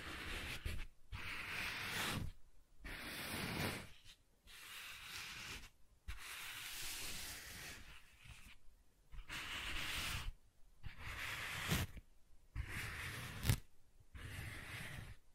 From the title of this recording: Soft Tracing on Smooth and Rough Surfaces